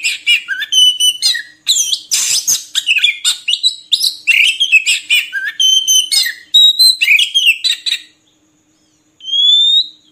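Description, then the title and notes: Oriental magpie-robin song, a rapid varied stream of whistled, rising and falling notes mixed with harsh buzzy bursts, pausing briefly before one long rising whistle. Long-duration song recording used to train birds to sing actively day and night. "Kacer Jadi Gacor Siang Malam. Isian Kacer Durasi Panjang"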